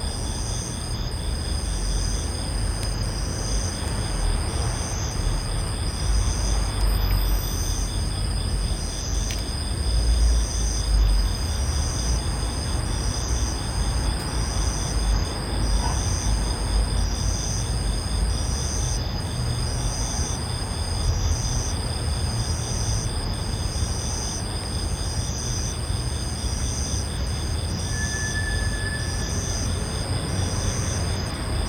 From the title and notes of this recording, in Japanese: 外の音だけトークなし。人の生活圏に共存する小さな生態系では昆虫たちが過ぎゆく夏を告げているかのよう。星一つ見えない日没後の曇り空の下にある小宇宙。9月初旬東京の夜の音。駅前の喧騒から離れた住宅地の日常を音でお伝え 屋外のありのままのリアルな音を収録してみました。